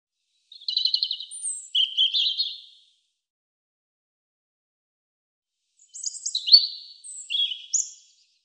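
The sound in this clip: European robin singing two separate high phrases, each a tumble of warbled notes, thin whistles and rattling trills, split by a silent gap of about three seconds.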